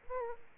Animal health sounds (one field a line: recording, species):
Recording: mosquito wingbeat signal from an infrared sensor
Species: Aedes aegypti